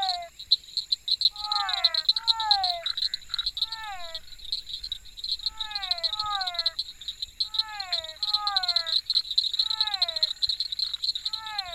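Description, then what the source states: Frog chorus of many descending croaks in repeated groups of several, accompanied throughout by a dense insect trill and high steady buzzing. Frogs together with insects.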